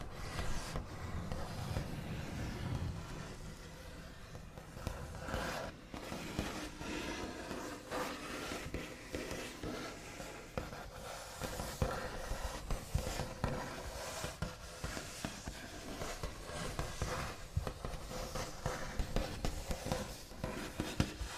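Fingernail backs tap and scratch across a wooden table. A steady rasp of tracing runs throughout, dotted with frequent sharp little taps that come irregularly, a few louder near the end. A faint low rumble sits underneath.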